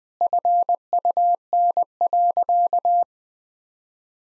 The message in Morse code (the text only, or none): FUN.